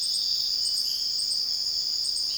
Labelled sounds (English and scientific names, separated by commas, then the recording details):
none
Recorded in dense forest near Puerto Asís, Putumayo, Colombia, on 18 February 2024 at 05:30
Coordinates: 0.481, -76.318
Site G6421